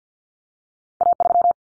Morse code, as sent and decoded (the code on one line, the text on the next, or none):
.- ...--
A3